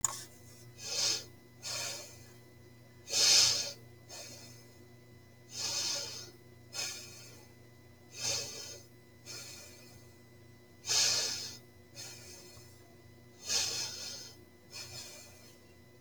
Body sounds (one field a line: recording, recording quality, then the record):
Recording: shallow breathing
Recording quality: excellent, no background noise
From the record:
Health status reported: healthy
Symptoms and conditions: cold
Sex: male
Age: 45 years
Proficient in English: yes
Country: United States